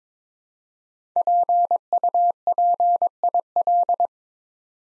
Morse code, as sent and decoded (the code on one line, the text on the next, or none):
.--. ..- .--. .. .-..
PUPIL